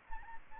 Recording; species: mosquito wingbeat signal from an infrared sensor; Aedes aegypti